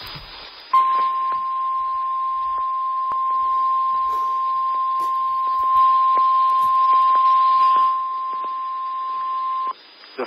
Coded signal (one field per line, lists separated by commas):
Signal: Emergency Alert System (SAME) tones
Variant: 1050 Hz attention tone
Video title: LOT issues another SMW (EAS #236)